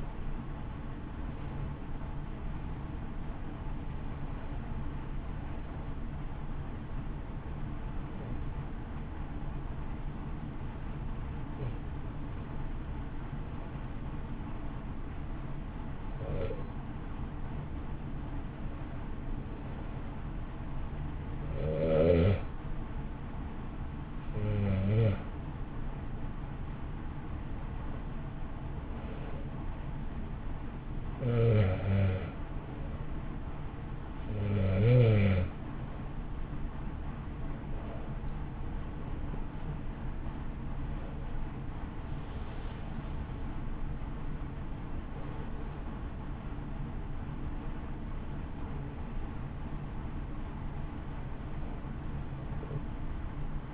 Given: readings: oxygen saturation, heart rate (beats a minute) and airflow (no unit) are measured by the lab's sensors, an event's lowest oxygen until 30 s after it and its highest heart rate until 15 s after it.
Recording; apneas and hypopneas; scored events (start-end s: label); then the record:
breathing in sleep by a smartphone at the bedside; 1
12.00-27.10 s: hypopnea (N1, oxygen 95% highest, then 89% lowest, heart rate 52 at the start, 60 highest)
From the record:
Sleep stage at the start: N1 (lightest sleep); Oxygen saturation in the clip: 89 to 95%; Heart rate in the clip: 52 to 63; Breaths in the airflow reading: 15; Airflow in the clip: -0.5 to 2.3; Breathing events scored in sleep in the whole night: 328 in 6.3 hours asleep